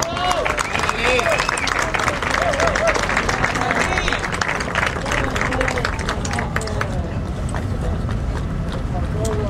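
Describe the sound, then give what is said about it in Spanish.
Steady audience applause welcoming the first speaker of the night, a painter, a dense crackle of many hands clapping at a constant loud level for several seconds, with crowd voices and murmuring mixed in beneath. “Un aplauso, por favor.”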